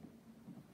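A new cylindrical plastic water filter cartridge is being slid into the filter housing of a Frigidaire Gallery French door refrigerator and twisted clockwise by hand, with only low, rumbling handling noise and no distinct click. Nothing has seated or snapped into place yet.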